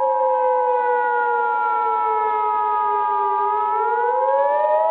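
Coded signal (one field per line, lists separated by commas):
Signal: Emergency Alert System (SAME) tones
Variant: 853 and 960 Hz attention tone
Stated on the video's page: Fictional EAS scenario using valid EAS tones.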